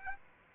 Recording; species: mosquito wingbeat signal from an infrared sensor; Aedes aegypti